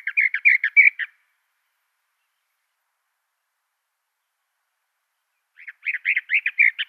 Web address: Schulze Peter Western Orphean Warbler song